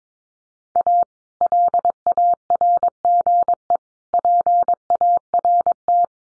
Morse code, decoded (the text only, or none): A LARGE PART